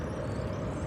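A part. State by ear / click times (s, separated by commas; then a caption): not seated / none. A camera is handled onto its tripod quick-release mount outdoors, but nothing has seated or clicked yet. Only a steady, broadband background rumble is heard, heavy in the low frequencies and resembling distant vehicle noise, with no sharp hits.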